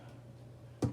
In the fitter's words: Just turn it till it locks in place.